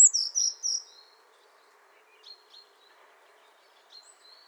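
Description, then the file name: Eurasian blue tit call: a quick burst of four high, thin notes at the start, followed by a few soft, scattered notes. "Cyanistes caeruleus"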